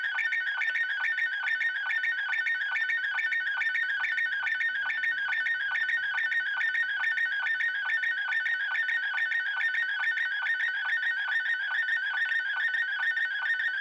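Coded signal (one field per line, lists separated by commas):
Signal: SSTV (slow-scan television)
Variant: Robot36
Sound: continuous warbling, buzzy tone with rapid regular ticking, about six ticks per second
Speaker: we are ready to receive my dad's image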